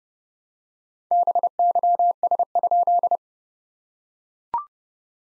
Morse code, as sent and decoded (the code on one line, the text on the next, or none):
-... -.-- ... ..--..
BYS?